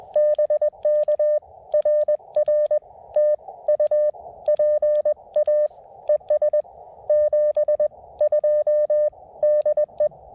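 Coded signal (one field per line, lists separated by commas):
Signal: Morse code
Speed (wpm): 22 wpm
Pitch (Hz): 590 Hz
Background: none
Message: BK RR TU PA ES 72 DE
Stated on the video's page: CW Parks on the Air activation from a state forest, calling CQ at 20 wpm, with park-to-park callers replying at 25-40 wpm.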